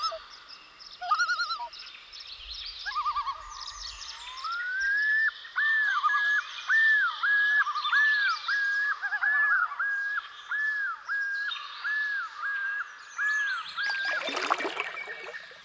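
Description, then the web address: Common loon yodel: a rising introductory note leading into a long run of repeated undulating phrases, ending with a brief noisy burst. "Dan Gibson Call Of The Loon"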